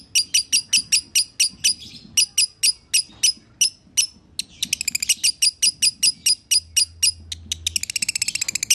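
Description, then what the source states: Lovebird song: steady series of shrill high chirps, broken by rapid trilled bursts and a fast buzzy rattle near the end. Masteran (training) track of lovebird in the konslet singing style.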